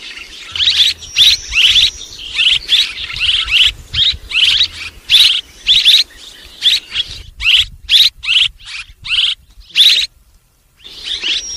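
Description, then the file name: Swallow chirping in a long run of sharp high notes, falling quiet near the end before resuming. "Tieng en nguc ran en vang"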